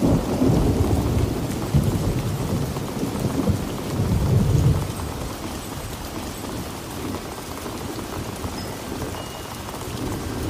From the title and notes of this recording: A Relaxing Storm.